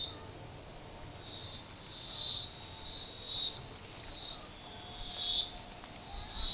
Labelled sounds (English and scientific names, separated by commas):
none